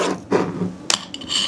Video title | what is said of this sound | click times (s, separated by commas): Chimee Best DSLR iPad Photo Booth Assembly Tutorial – From Unboxing to First Picture (Step by Step) | Here, you hear click. | 0.9 s